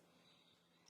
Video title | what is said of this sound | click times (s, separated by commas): Cuisinart CEK-50 Cordless Electric Knife, Black | and you're just going to slide the knife in the top until it locks into place. | 0.9 s